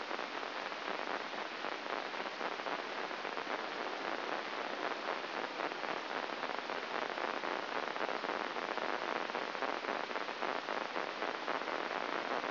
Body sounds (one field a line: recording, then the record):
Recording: brain microelectrode recording played as sound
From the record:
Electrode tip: inside the subthalamic nucleus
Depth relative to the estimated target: 2 mm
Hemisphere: right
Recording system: AlphaMap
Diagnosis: Parkinson's disease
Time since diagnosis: 12 years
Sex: male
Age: 57 years